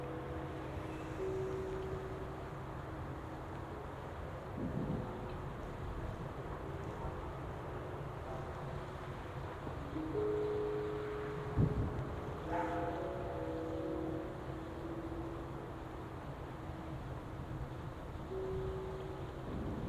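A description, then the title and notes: Traffic rumbles steadily throughout, a dense low hum of vehicles with occasional swells. Short tonal rings and squeals surface now and then, clustering around 5, 10 and 12 seconds, with a sharp knock near 12 seconds. New Year's eve recording in a field in Japan. Recorded with an Audio-Technica BP4025 stereo microphone and a Tascam DR-70D recorder mounted on a tripod.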